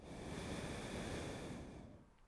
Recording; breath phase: one breath near a microphone; exhalation